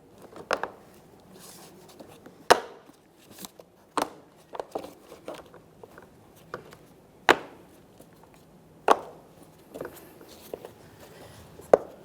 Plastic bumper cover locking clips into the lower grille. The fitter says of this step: we're going to try to press this together listen for a click from each one of them there we are